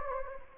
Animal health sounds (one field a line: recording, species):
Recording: mosquito wingbeat signal from an infrared sensor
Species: Anopheles gambiae